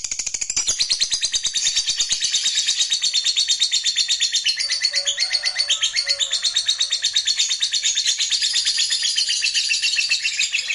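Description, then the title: Continuous lovebird chattering, fast and high-pitched, a dense rattling trill sustained the whole time with little variation. "Suara Lovebird"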